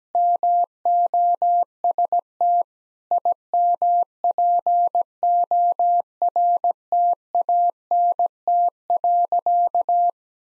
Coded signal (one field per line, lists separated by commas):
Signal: Morse code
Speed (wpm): 17 wpm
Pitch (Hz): 700 Hz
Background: none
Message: MOST IMPORTANT.